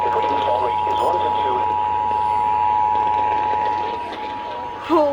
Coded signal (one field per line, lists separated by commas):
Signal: Emergency Alert System (SAME) tones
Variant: 853 and 960 Hz attention tone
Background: speech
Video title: EAS Alerts from 7/17/25 (EAS #135-143)